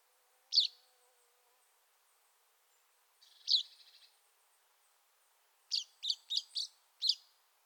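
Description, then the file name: Common chaffinch calls: sharp high single notes spaced apart, one followed by a brief buzzy trail, then a quick run of five clipped notes. "Fringilla coelebs"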